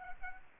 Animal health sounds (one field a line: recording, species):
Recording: mosquito wingbeat signal from an infrared sensor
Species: Aedes aegypti